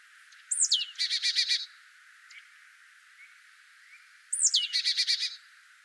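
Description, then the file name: Marsh tit calling twice: a thin downslurred 'pitchoo' leading into a quick nasal buzzing chatter of about six notes, with a pause of a few seconds between the calls. "Poecile palustris"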